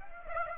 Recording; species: mosquito wingbeat signal from an infrared sensor; Aedes aegypti